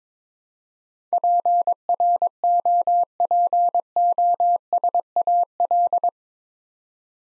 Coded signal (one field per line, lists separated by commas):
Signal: Morse code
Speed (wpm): 22 wpm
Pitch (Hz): 700 Hz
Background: none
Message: PROPOSAL